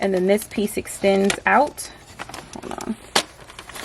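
Someone talks while handling a paper cutter, starting to pull the extension piece of its measuring arm out from the base. A sharp handling knock lands around 3.2 s, followed by a few faint ticks. The extension arm has not snapped into place yet.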